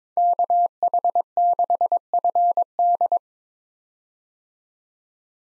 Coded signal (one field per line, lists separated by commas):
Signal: Morse code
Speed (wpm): 22 wpm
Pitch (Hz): 700 Hz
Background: none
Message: KH6FD